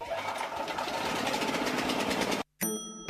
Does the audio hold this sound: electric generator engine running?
yes